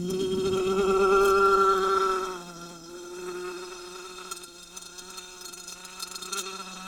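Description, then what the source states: Wasp buzzing, a loud steady drone for about two seconds, then a quieter continuing hum with faint taps. Wasp recorded under glass.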